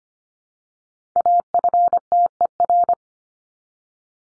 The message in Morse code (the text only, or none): AFTER